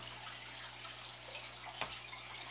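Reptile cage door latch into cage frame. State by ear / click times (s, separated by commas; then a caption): seated / 1.8 s. The hinged door of a large Boaphile reptile cage for a boa constrictor, with black hinges and handles, is raised and latched closed against the cage frame. Over a steady low background hum, a single sharp click sounds at 1.8 s. The door latch clicks right into place without hesitation.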